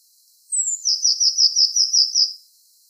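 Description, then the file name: Eurasian blue tit call, one high thin note sliding down into a rapid stuttering trill of about eight pulses lasting around two seconds. "Cyanistes caeruleus"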